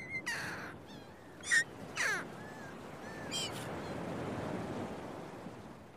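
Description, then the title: Gull calls, several harsh cries and a squealing note in the first half, then only the hiss of waves. Recorded early in the morning at a beach, with waves breaking. "Early Morning Seagulls and Beach Waves"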